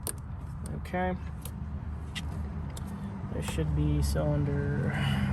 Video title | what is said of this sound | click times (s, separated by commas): DIY 2011 - 2019 Ford Fiesta Replacing Spark Plugs & Spark Plugs Wires | I'm gonna click and then push this in until it clicks | 0.1 s